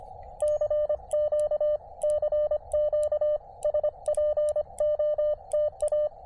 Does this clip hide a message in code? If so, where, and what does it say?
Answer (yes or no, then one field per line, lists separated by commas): yes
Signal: Morse code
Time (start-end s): 0.4-6.1 s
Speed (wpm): 25 wpm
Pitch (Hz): 600 Hz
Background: radio noise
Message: CQ CQ SPOTA